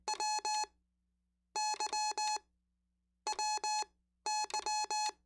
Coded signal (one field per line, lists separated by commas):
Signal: Morse code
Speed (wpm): 20 wpm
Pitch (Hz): 850 Hz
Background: none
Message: W Y WY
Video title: Learning More CW! - I'm Going to Keep Practicing....